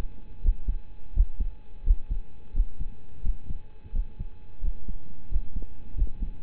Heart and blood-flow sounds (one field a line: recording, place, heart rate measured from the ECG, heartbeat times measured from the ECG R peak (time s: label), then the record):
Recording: heart sounds by stethoscope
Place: between the tricuspid and mitral areas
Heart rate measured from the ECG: 87 bpm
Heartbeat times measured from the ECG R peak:
0.41 s: heartbeat
1.13 s: heartbeat
1.83 s: heartbeat
2.52 s: heartbeat
3.22 s: heartbeat
3.92 s: heartbeat
4.60 s: heartbeat
5.28 s: heartbeat
5.94 s: heartbeat
From the record:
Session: rest, lying down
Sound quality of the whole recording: partially saturated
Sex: male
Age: 25 years